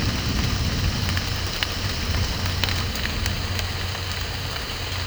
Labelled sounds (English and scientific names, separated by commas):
none